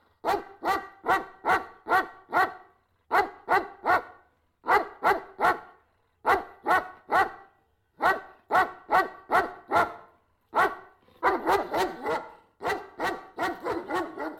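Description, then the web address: Dog barking in rapid bursts of three to five sharp barks, short pauses between groups, the last few seconds rougher and more continuous. Dog running around and barking in the countryside. "Auf dem Land herumrennender,bellender hund"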